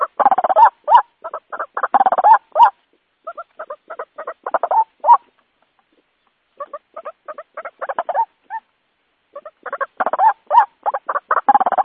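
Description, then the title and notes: White-breasted waterhen giving rapid, stuttering croaks and clucks in bursts, with a silent gap midway before the chattering resumes. Lure call used to attract the bird. "Pikat Ruak Jawara. Suara Burung Ruak"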